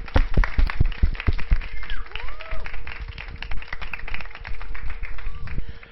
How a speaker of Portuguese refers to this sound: Queria aqui, então, pedir uma salva de palmas para esses 6 programas aí que estão começando e para a nossa rádio.